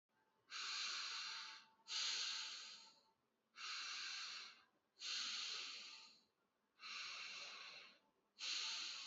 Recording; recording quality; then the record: deep breathing; excellent, no background noise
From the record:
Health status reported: respiratory illness, not identified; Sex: male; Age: 28 years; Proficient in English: yes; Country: India